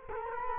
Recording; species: mosquito wingbeat signal from an infrared sensor; Culex quinquefasciatus